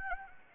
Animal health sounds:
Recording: mosquito wingbeat signal from an infrared sensor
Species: Anopheles gambiae

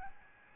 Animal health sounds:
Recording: mosquito wingbeat signal from an infrared sensor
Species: Aedes albopictus

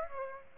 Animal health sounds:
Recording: mosquito wingbeat signal from an infrared sensor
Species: Aedes aegypti

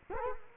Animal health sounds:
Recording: mosquito wingbeat signal from an infrared sensor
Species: Culex quinquefasciatus

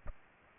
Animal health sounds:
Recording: mosquito wingbeat signal from an infrared sensor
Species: Aedes aegypti

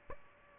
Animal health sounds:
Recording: mosquito wingbeat signal from an infrared sensor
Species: Aedes aegypti

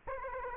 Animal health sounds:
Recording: mosquito wingbeat signal from an infrared sensor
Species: Aedes aegypti

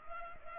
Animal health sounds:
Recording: mosquito wingbeat signal from an infrared sensor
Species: Culex pipiens

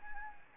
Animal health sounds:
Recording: mosquito wingbeat signal from an infrared sensor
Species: Anopheles gambiae

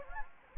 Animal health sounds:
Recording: mosquito wingbeat signal from an infrared sensor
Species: Anopheles gambiae

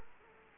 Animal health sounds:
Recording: mosquito wingbeat signal from an infrared sensor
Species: Culex quinquefasciatus

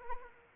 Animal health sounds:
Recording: mosquito wingbeat signal from an infrared sensor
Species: Anopheles arabiensis

